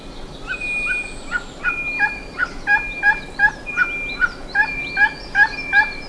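Bird calls, short and rhythmic, repeated quickly over a steady high whistling tone through most of the stretch.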